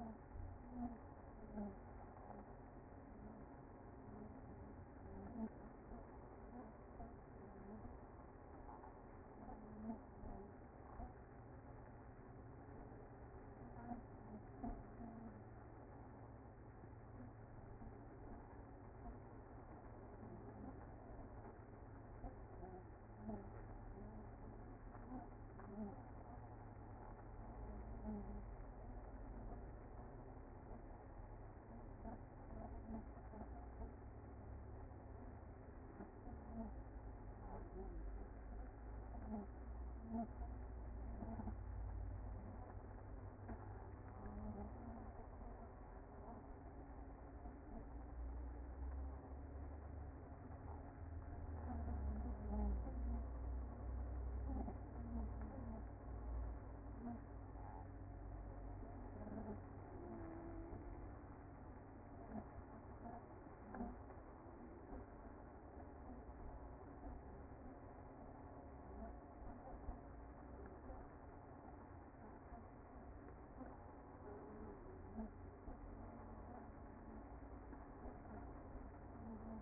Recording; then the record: honeybee colony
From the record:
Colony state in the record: active